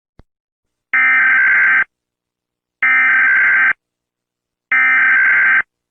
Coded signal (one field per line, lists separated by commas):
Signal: Emergency Alert System (SAME) tones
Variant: header bursts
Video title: eas alarm prank